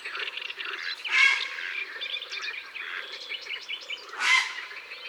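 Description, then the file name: Grey heron uttering two rough, grating squawks about three seconds apart while many small birds chirp and twitter throughout. "Heron cendre"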